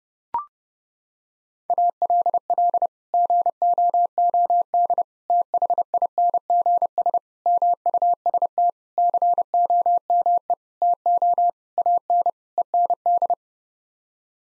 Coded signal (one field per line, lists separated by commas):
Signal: Morse code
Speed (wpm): 30 wpm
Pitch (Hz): 700 Hz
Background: none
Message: ALL GOOD THINGS MUST COME TO AN END